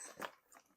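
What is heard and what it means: An infant car seat is pushed all the way down onto the larger side of a 2024 Nuna TRVL DUBL double stroller frame. A short plastic click sounds at 0.2 seconds, followed by a fainter knock near 0.6 seconds. The car seat is seated in the stroller.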